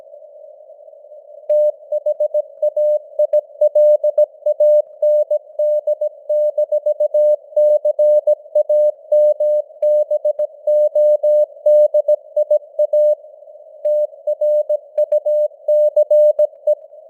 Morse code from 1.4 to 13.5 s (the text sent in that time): THAILAND-CAMBODIA